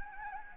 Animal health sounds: mosquito wingbeat signal from an infrared sensor; Anopheles gambiae

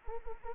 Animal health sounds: mosquito wingbeat signal from an infrared sensor; Anopheles arabiensis

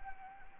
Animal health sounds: mosquito wingbeat signal from an infrared sensor; Anopheles gambiae

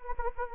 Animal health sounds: mosquito wingbeat signal from an infrared sensor; Anopheles gambiae

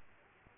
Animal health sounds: mosquito wingbeat signal from an infrared sensor; Culex pipiens

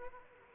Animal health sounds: mosquito wingbeat signal from an infrared sensor; Aedes aegypti

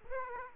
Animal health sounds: mosquito wingbeat signal from an infrared sensor; Aedes aegypti

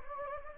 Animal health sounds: mosquito wingbeat signal from an infrared sensor; Anopheles gambiae

